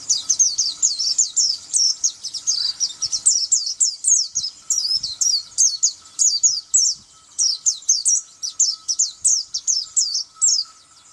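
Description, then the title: White-eye song: rapid, continuous high twittering of sharp downslurred chirps, with a few faint low thumps. "Pleci"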